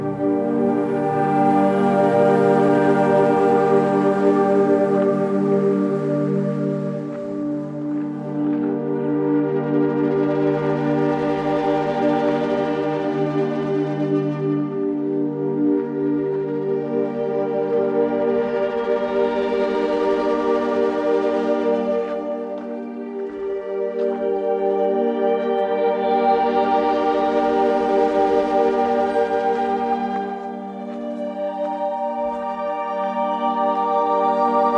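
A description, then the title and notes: A recording from Ramsey Canyon Preserve in the Huachuca Mountains: a steady, dense hum of layered sustained tones, low and full. A brighter, airy wash swells and fades about every eight to nine seconds, with brief dips in loudness near 23 and 31 seconds. Today’s soundwalk was made on April 23, 2022 at Ramsey Canyon Preserve in the Huachuca Mountains of SE Arizona.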